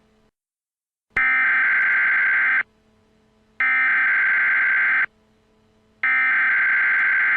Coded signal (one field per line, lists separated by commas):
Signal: Emergency Alert System (SAME) tones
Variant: header bursts